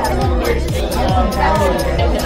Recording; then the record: background sound without coughing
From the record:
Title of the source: Nightlife Party Simulating Party Club Noise 1 Hour